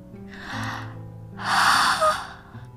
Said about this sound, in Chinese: 点点头，打了个哈欠。